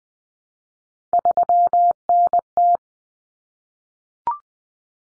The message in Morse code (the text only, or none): 3NT